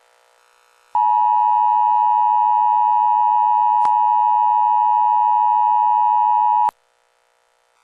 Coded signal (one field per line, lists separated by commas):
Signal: Emergency Alert System (SAME) tones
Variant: 853 and 960 Hz attention tone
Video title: Eas